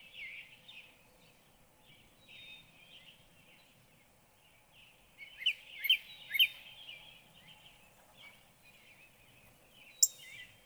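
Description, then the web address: Northern cardinal song: soft slurred whistles, then a burst of three loud downslurred notes about half a second apart, and one sharp note near the end. "birdsongforthecurious Northern Cardinal"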